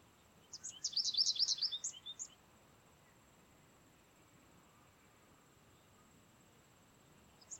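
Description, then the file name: American Goldfinch gives one quick, high, twittering burst of chirps lasting about a second and a half, followed by quiet. "Carduelis tristis - American Goldfinch"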